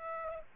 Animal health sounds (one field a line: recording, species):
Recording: mosquito wingbeat signal from an infrared sensor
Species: Aedes aegypti